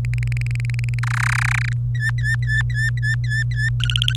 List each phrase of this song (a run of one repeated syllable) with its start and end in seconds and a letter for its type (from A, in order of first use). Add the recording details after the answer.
0.05-0.99 A, 1.03-1.73 B, 1.95-3.70 C, 3.80-4.16 D. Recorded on 25 April 2018 at 14:52. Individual llb3